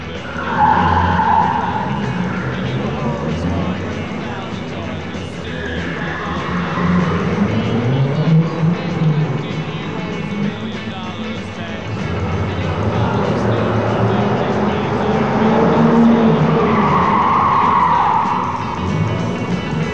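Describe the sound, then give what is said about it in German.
A car speeds past, its engine roaring loudly over steady road noise, with whining tire squeals that rise and fall in pitch throughout. “Das ist dein Auto. Leg dich hinten auf den Rücksitz. Rauschen wir an ihm jetzt vorbei.”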